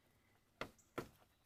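A LASFit LED turn signal bulb socket is pushed into the hole in the front turn signal housing of a 2021 Chevy Silverado 2500HD and twisted clockwise. It gives a sharp click at 0.6 s, followed by a second, slightly softer snap at 1.0 s. The socket is seated in place.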